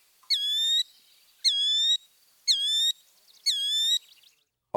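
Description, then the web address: Northern mockingbird mimicking: four clear, harmonic whistled notes, each held about half a second with a slight downward curl, repeated roughly once a second. Northern mockingbird song showing mimicry. "Birding by Ear, Eastern and Central North America - Peterson Guides 2009 Mimics Northern Mockingbird"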